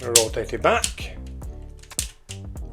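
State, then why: Seated. Someone talks while rotating the wooden trigger/catch part of a rubber band hand gun back into position. A sharp click is heard at 2.0 s as the catch seats into place.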